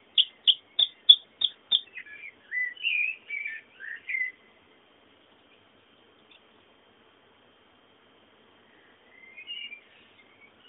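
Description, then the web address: Bird calls and song, six sharp chip notes in quick even series, then a short warbled phrase, long silence, and soft chirps later. Bird sounds meant as background ambience. "sounds fondo pajaros"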